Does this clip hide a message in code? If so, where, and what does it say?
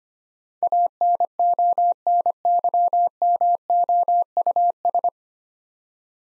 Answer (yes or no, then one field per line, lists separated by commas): yes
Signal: Morse code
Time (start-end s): 0.6-5.1 s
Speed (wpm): 25 wpm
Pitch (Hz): 700 Hz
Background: none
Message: ANONYMOUS